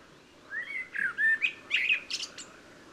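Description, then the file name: Common blackbird song: a few low, fluted whistled notes rising and falling, then a squeaky, higher twittering flourish to finish. "Turdus merula"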